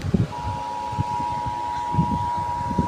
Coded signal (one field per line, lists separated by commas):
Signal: Emergency Alert System (SAME) tones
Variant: 853 and 960 Hz attention tone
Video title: eas alarm animados 12